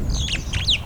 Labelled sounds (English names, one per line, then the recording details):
Superb Starling flight call
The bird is a female
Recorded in Kenya on 7 April 2009 at 15:15
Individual 74, of group MRCV